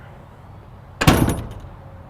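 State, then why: Seated. The steel rear slam gate of a 2023 Logan Coach Stock Combo gooseneck livestock trailer is swung and slammed shut for safety. After a quiet lead-in, a loud metallic bang at 1.0 s is followed by the slam latch catching at 1.1 s, and a ringing tail fades over the next second. The gate latches shut.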